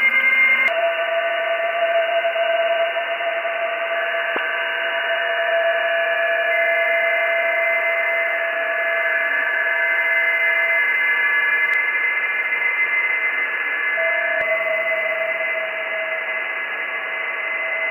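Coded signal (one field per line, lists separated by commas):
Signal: PSK31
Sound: hiss with several faint steady warbling tones at different pitches, continuous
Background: radio static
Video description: PSK31 Random Compilation using RTL2838/R820T SDR Dongle on 14 MHz HF with NooElec Upconverter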